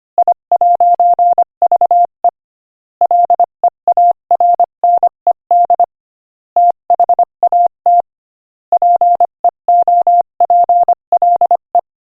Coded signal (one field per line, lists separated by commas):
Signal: Morse code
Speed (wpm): 24 wpm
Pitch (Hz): 700 Hz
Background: none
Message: I'VE LEARNED THAT PEOPLE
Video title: Morse Code Practice: 25 wpm Inspirational Quote 22